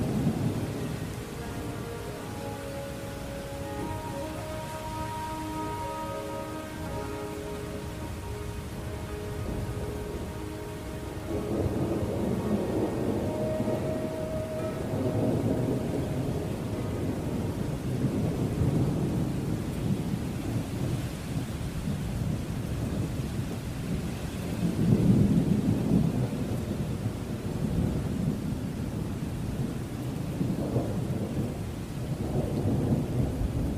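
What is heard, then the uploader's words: Soft, sustained flute notes drift over a steady hiss of rain during the first fifteen seconds, then fade away. Deep thunder rolls in around eleven seconds and again more loudly near twenty-five seconds, its low rumble lingering beneath the constant rainfall. Peaceful Flute Meditation Music with Thunderstorms.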